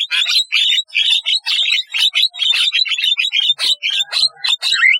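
Starling singing a fast, chattering stream of buzzy and whistled notes, with a clear rising whistle near the end.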